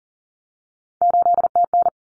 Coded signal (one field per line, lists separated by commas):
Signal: Morse code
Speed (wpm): 40 wpm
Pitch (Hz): 700 Hz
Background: none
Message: 8TN